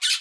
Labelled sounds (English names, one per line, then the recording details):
Brown-throated Parakeet contact call
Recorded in Aruba
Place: Cunucu Arikok, S side of Ceru Arikok
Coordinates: 12.502, -69.950